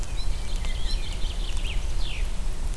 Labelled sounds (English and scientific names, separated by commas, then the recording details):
Common Chaffinch (Fringilla coelebs)
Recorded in Germany
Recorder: ecoPi